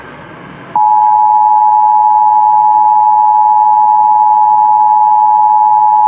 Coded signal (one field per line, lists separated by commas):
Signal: Emergency Alert System (SAME) tones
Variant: 853 and 960 Hz attention tone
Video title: Southeast Michigan RMT on WWJ and WJR (2/15/22)(EAS 1095-1096)